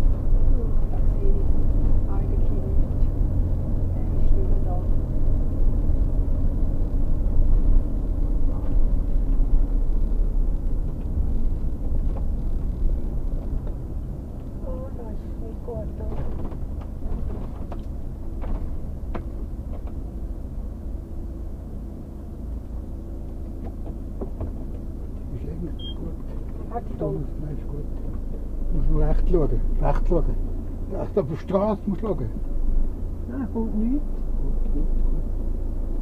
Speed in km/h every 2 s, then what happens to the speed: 35, 35, 33, 31, 27, 22, 0, 0, 0, 0, 0, 0, 0, 0, 0, 0, 0, 0.
0-12 slows to 0. 12-36 standing.